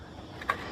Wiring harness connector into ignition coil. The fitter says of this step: You're gonna hear it like click into place.